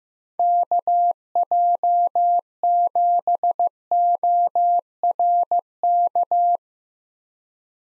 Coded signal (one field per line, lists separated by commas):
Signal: Morse code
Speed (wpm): 15 wpm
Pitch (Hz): 700 Hz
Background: none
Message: KJ7ORK